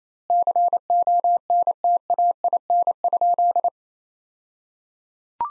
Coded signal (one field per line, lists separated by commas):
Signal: Morse code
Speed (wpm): 28 wpm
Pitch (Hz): 700 Hz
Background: none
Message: CONTAIN?